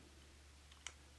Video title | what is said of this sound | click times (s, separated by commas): Working on my Soundcraft Mixer | Once it's all back together, it just snaps into place. | 0.9 s